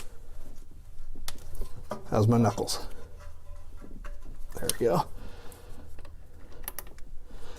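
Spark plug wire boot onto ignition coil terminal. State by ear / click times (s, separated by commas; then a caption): seated / 6.7 s, 6.8 s. During reassembly after an exhaust manifold job on a GM truck/SUV, a spark plug wire boot is pushed onto the ignition coil terminal while someone talks. Two sharp clicks come at 6.7 s and 6.8 s as the boot seats on the coil end.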